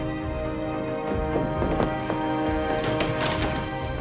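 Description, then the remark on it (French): Rhythmic hoofbeats of a white horse galloping at full speed along a cedar-lined avenue in a misty palace park pound along beneath a sustained, steady musical tone, the sharp strikes coming in quick uneven clusters. “Albert, monté sur un cheval blanc, galope à bride abattue sur une allée bordée de cèdres”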